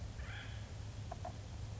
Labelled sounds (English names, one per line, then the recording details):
Acorn Woodpecker
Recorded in Sonoma County, California